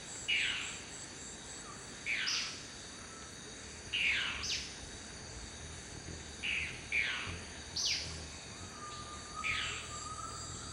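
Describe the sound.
Dusky-throated antshrike calls: a series of short falling notes, some in quick pairs with a higher sharp note, spaced one to two seconds apart amid insect drone.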